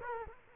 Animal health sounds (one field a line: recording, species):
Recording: mosquito wingbeat signal from an infrared sensor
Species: Culex quinquefasciatus